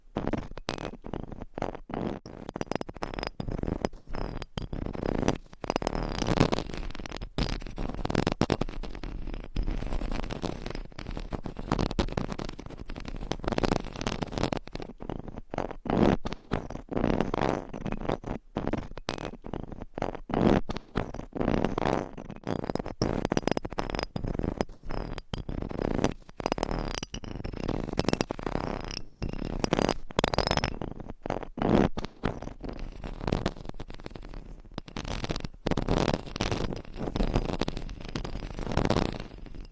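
Nails scratch across microphone covers in dense, uneven bursts, a continuous rough scraping with frequent sharp pauses and shifts in texture throughout.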